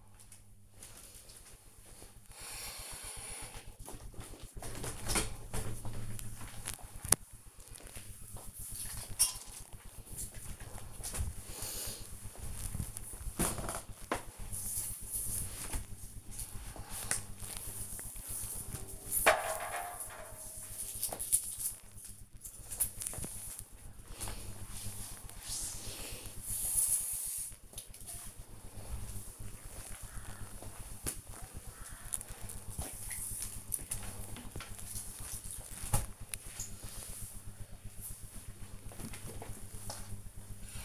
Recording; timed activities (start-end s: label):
household activities, microphone on the right wrist
0.00-40.84 s: floor cleaning